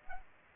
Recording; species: mosquito wingbeat signal from an infrared sensor; Culex pipiens